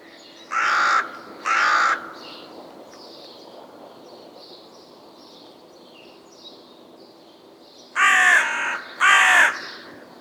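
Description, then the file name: Carrion crow calling in two pairs of harsh caws, one pair at the start and another after a long pause. "Corvus corone"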